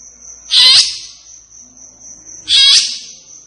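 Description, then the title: Grey-cheeked bulbul delivering two rasping, energetic bursts two seconds apart against a continuous high whine. Singing energetically and persistently (gacor), agitated (emosi), as a tutoring track (masteran) for training caged birds. "Cucak Jenggot Gacor. Cucak Jenggot Emosi Untuk Masteran"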